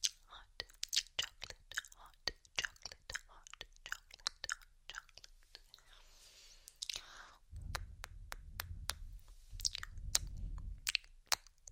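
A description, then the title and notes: Crisp mouth sounds click and smack rapidly, with a brief soft whisper near six seconds and low rumbling thumps of tapping after eight. ASMR Extremely Tingly Christmas Trigger Words Kisses, Mouth Sounds, Ear Tapping.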